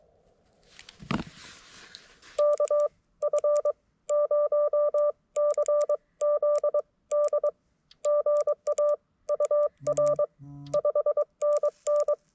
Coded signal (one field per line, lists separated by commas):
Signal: Morse code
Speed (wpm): 20 wpm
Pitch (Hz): 590 Hz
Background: none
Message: KF0CZD GA UR 5NN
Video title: QRP with lousy band conditions? Let's give it a shot!